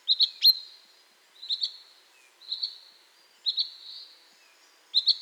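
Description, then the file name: Common chaffinch calling: a short, high, level whistled note with sharp clicks at its start, given five times at uneven intervals of roughly one to one and a half seconds. "Fringilla coelebs"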